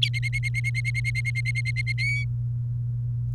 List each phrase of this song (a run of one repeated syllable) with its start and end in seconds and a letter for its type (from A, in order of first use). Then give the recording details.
0.02-1.93 A, 1.98-2.24 B. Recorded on 29 April 2018 at 11:45. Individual llb3